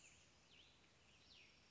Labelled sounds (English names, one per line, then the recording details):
Cassin's Vireo
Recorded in Sonoma County, California